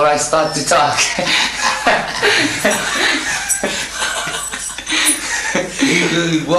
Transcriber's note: laughter